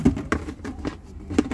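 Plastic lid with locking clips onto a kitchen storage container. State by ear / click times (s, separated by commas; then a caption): seated / 0.3 s, 0.6 s, 0.9 s, 1.4 s. The plastic lid of a 1100–1500 ml plastic kitchen storage container is pressed down and its locking clips are snapped closed. This gives a series of sharp clicks at about 0.3, 0.7, 0.9 and 1.4 seconds. The lid locks shut fully and properly.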